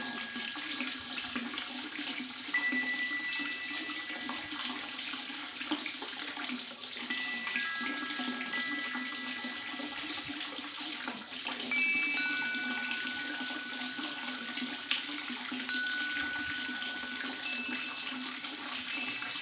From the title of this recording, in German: Klangspiel und Wasser